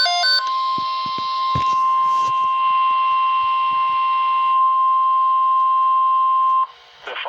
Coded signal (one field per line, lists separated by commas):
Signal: Emergency Alert System (SAME) tones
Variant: 1050 Hz attention tone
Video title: DERECHO CHAOS AND ITS FALLOUT (EAS Alerts from June 3rd and 4th 376-416)